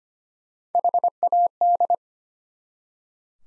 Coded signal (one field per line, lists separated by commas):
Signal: Morse code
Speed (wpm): 25 wpm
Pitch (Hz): 700 Hz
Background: none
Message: HAD